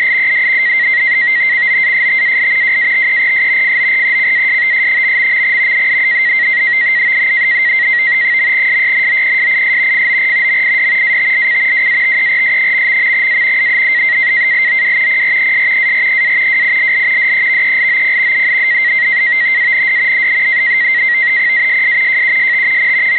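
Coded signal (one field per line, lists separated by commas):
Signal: NAVTEX (SITOR-B)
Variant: 100 baud SITOR-B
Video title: NAVTEX Broadcast from station NME, Charleston SC on 518 KHz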